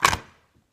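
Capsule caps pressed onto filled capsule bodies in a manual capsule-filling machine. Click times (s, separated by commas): 0.0 s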